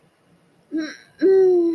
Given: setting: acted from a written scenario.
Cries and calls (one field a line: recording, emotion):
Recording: vocal sound without words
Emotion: desire